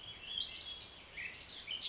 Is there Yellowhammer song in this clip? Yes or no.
no